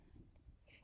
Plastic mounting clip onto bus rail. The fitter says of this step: attach the mounting clips to the BB bus and snap into place